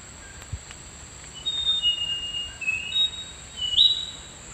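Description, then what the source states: Thrush-like schiffornis giving slow, clear whistles, drawn-out level notes and then a quick rising slurred note, over a steady high insect drone. Recorded in the Eastern Lowlands of South America.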